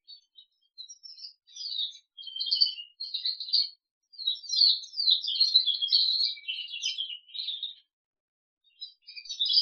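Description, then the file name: Crested canary song: high chattering phrases with buzzy trills and quick chirps, broken by short silences, ending in a pause before a final burst. "audio kenari jambul"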